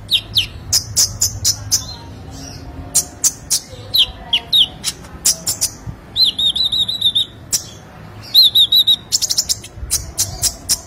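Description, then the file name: Sunbird song: rapid high ticks and chirps, with two wavering whistled trills in the middle. "Kolibri Lebah"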